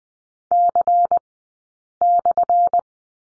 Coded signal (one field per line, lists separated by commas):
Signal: Morse code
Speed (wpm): 20 wpm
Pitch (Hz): 700 Hz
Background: none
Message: C/